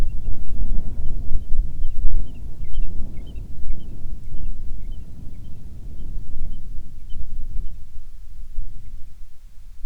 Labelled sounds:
bird, wind
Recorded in the Prudhoe Bay oil fields, Alaska, on 10 July 2019 at 14:09
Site 14

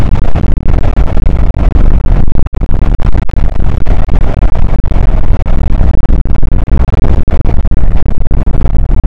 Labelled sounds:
wind
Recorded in the Prudhoe Bay oil fields, Alaska, on 8 May 2019 at 00:01
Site 24

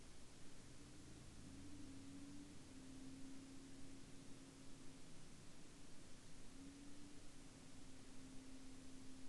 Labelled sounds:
man-made sound
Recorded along the Dempster Highway, Canada, on 15 October 2019 at 10:41
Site 13

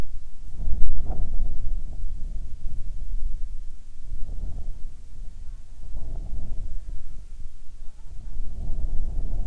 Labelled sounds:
wind, insects
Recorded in the Arctic National Wildlife Refuge, Alaska, on 7 July 2019 at 18:30
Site 41

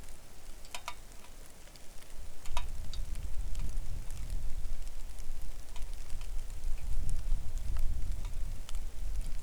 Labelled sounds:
wind, rain
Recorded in the Arctic National Wildlife Refuge, Alaska, on 3 August 2019 at 09:36
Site 41

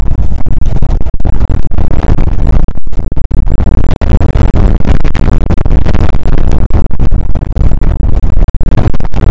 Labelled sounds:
wind
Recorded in the Prudhoe Bay oil fields, Alaska, on 2 August 2019 at 01:33
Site 29

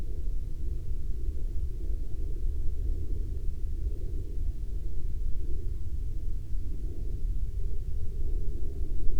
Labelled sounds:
aircraft
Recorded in the Prudhoe Bay oil fields, Alaska, on 25 July 2019 at 10:58
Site 19

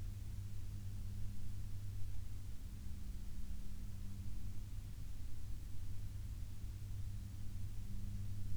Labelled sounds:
aircraft
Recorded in the Prudhoe Bay oil fields, Alaska, on 12 May 2019 at 12:13
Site 16

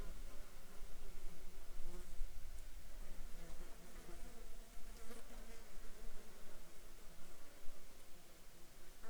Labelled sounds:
animal
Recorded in the Arctic National Wildlife Refuge, Alaska, on 9 July 2019 at 08:57
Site 37

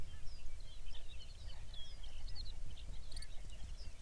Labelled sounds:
songbird
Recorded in the Arctic National Wildlife Refuge, Alaska, on 23 May 2019 at 05:02
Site 49

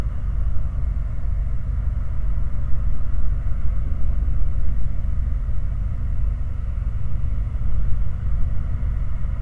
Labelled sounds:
machinery, flare stack
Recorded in the Prudhoe Bay oil fields, Alaska, on 19 August 2019 at 03:57
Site 29

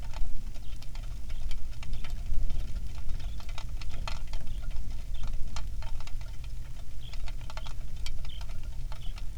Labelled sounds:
songbird, rain
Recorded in the Prudhoe Bay oil fields, Alaska, on 27 July 2019 at 18:06
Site 19

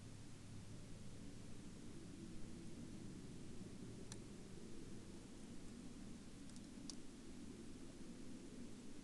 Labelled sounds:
aircraft
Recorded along the Dempster Highway, Canada, on 16 October 2019 at 12:01
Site 15

